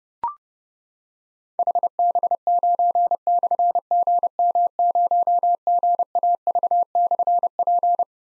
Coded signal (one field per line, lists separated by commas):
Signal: Morse code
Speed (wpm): 29 wpm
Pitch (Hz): 700 Hz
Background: none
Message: HB9/GM0GAV/P